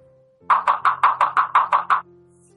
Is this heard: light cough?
no